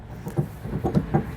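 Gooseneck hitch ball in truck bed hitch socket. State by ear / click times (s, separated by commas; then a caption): seated / 0.9 s, 1.2 s. A gooseneck hitch ball is set into the OEM hitch socket in the bed of a 2022 Ford F-250 Super Duty, and its handle folds down to lock the ball in place. Low, muffled knocks build to sharp metal clunks at 0.9 s and 1.2 s. The ball seats and locks with a tight fit.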